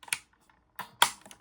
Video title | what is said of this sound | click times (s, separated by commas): The Loyal Subjects High Tech Helicopter (Switchblade) Mods to Fix Issues | Yeah. Did you hear that? So that's literally It's really clicked in. | 1.0 s